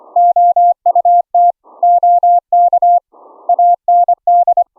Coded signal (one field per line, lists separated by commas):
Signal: Morse code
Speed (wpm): 25 wpm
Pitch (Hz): 700 Hz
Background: none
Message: OUT OK AND